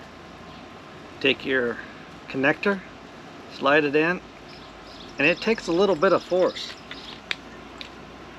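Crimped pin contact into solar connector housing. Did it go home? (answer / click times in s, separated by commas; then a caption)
yes / 7.3 s. A crimped metal pin contact is pushed with some force into a plastic MC4 solar connector housing while someone talks. After the talking, a sharp click at 7.3 seconds marks the contact locking into the housing, and it is seated.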